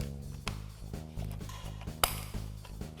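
The plastic button panel and its circuit board are pressed back into the radio bezel of a 2014-2022 Jeep Grand Cherokee 8.4" / 10.1" UBL/UBN radio, corner by corner, over steady background music. Sharp plastic clicks are heard at 0.5 s and 2.0 s as the clips snap home, and the panel corners are seated in place.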